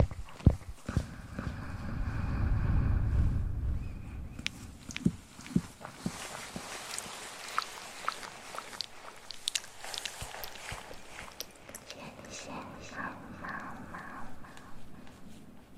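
Mouth sounds and handling noise on a microphone, with a thick low rumble swelling in the first four seconds like air pumping against it. After that come scattered clicks, taps and gripping rustles, irregular and fairly dense, with small wet mouth noises continuing to the end.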